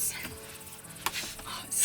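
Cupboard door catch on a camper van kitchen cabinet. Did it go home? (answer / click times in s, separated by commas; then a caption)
yes / 1.1 s. A food cupboard door in a camper van kitchen is pushed shut, and its catch latches with a sharp, satisfying click at 1.0 s. The cupboard door is securely latched closed. Soft background sounds fill the rest of the clip.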